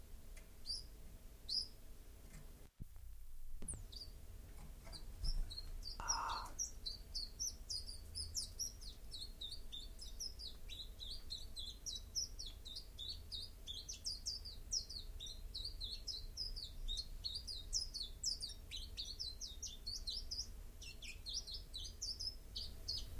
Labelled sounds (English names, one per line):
Common Chiffchaff song